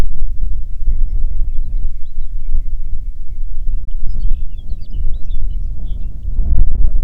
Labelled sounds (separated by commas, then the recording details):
songbird, grouse or ptarmigan, wind
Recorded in the Prudhoe Bay oil fields, Alaska, on 6 June 2019 at 03:47
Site 16